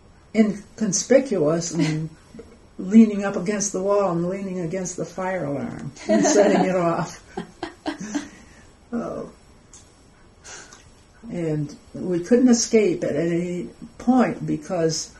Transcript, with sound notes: inconspicuous and leaning up against the wall and leaning against the fire alarm and setting it off. [Laughs] And we couldn't escape at any point because...